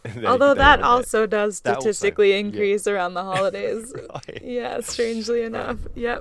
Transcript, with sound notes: Although that also does statistically increase during the holidays.
(Laugh) Right.
Yes, strangely enough.
Yeah.